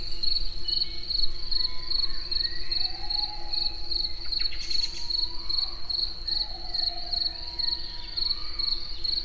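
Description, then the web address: Cricket keeps up regular high chirps while a brief noise passes midway, over a steady low hum. Recorded in nature at the Eger tourist house. "tucsok. munkazaj esbagolyis egerturistahaz"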